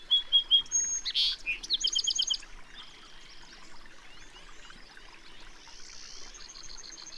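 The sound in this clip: Bird song: a lively burst of high chirps, whistles and buzzy trills in the first two and a half seconds, then only faint scattered twittering over a soft hiss.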